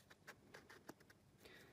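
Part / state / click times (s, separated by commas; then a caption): torque adjuster assembly onto a cordless drill front housing / seated / 0.6 s, 0.9 s. A reassembled plastic torque adjuster assembly for a Makita 12V cordless drill is offered up onto the drill's front housing to check the fit. Light handling rustles lead to sharp clicks at 0.6 s and 0.9 s, and the adjuster clicks into place, seated correctly.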